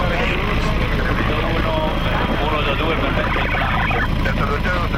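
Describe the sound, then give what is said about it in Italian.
A steady, loud roar of helicopter engines and rotors fills the scene as helicopters come in to pick up the wounded in Mogadishu, a dense low rumble with a constant level throughout, while indistinct voices talk underneath. “Alle 10.50 il raggruppamento Bravo chiede l'intervento degli elicotteri per prelevare i feriti.”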